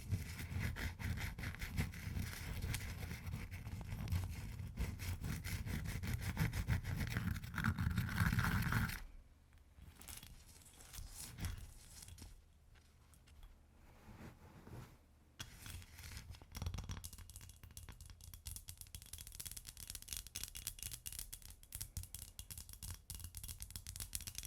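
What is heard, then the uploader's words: Ice is scratched and tapped, opening with nine seconds of loud, dense grinding over a low rumble. It then drops to a quieter stretch of sparse clicks and taps, before steady, rapid scratching resumes at about fifteen seconds and continues to the end. ASMR Ice Tapping & Scratching (No Talking).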